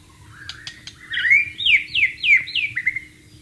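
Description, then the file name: White-rumped shama song: soft opening clicks, then a rising whistle and a run of loud downward-swept notes in quick succession. White-rumped shama (murai batu) in the wild. "suara burung murai batu di alam liar"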